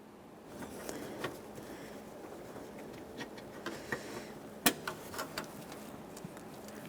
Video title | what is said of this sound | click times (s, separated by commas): How to Replace Front ABS Wheel Speed Sensors 2011-2020 Toyota Sienna | press it in listen for a click we want to make sure that's properly secured | 4.7 s